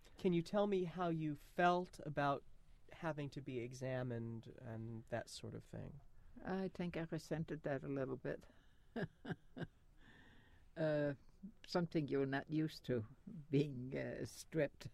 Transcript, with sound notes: Can you tell me how you felt about having to be examined and that sort of thing?
I think I resented that a little bit. (she laughs) Something you're not used to, being stripped.